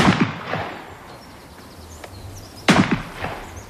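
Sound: gunshots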